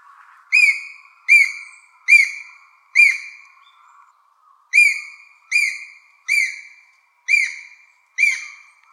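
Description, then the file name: Japanese green woodpecker giving clear, whistled notes that slur slightly downward, repeated roughly every second in two series of four and five, with a brief pause between them. Recorded on 16 April 2014. "aogera 140416"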